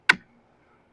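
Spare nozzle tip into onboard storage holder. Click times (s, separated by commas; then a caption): 0.1 s. A spare plastic nozzle tip for a Ryobi 2000 PSI electric pressure washer is pressed into the onboard accessory storage slot on the machine body. A single sharp snap sounds at 0.1 s, then only faint low background noise follows. The tip is seated in its storage holder.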